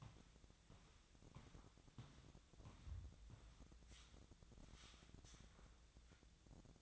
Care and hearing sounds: daily activity, microphone in the room; walk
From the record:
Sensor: 3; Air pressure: 1012.2 hPa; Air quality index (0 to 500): 184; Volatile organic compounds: 3 ppm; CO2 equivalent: 1410 ppm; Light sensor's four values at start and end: 56/148/64/68 and 54/143/62/65

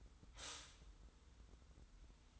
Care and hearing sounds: daily activity, microphone in the room; stop toaster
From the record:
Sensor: 3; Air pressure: 990.6 hPa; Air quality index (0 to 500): 157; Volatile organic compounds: 717 ppm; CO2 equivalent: 5058 ppm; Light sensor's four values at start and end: 40/95/38/36 and 40/95/38/36

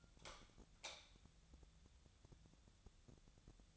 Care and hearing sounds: daily activity, microphone in the room; light on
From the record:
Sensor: 3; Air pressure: 1000.0 hPa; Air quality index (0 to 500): 123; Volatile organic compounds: 2 ppm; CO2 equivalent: 1100 ppm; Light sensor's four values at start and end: 45/113/48/53 and 47/122/52/57

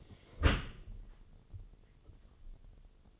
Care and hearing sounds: daily activity, microphone in the room; close dishwasher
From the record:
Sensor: 4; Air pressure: 1015.8 hPa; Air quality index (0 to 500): 92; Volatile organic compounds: 2 ppm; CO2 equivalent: 1027 ppm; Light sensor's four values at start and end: 9/19/8/7 and 9/19/7/7

